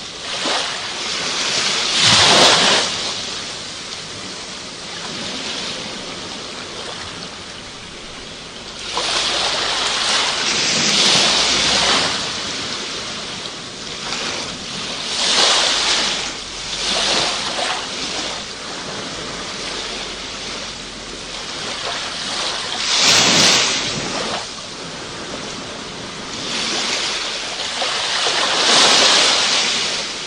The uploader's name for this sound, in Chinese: 身临其境的海浪声